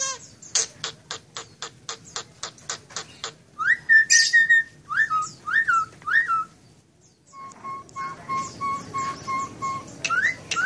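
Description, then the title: Nias hill myna giving a rapid series of sharp clicks, then loud falling whistles. Steady paired tones and rising squeaks follow. Loud, persistently singing bird whose song is used as masteran, a model for training other songbirds. "Burung Jalak Nias Gacor Suara Super Gledek Untuk Masteran"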